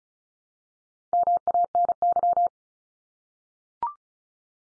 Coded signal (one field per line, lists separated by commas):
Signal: Morse code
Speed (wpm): 34 wpm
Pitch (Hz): 700 Hz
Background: none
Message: MANY